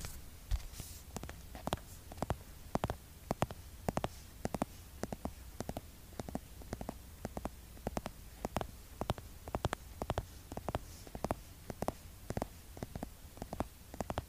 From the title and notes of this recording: Skincare product tapping. Blue yeti microphone.